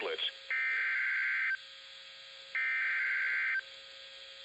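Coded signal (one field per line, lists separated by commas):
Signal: Emergency Alert System (SAME) tones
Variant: header bursts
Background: speech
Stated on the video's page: Severe thunderstorm warning EAS alert received from NOAA weather radio station KJY85.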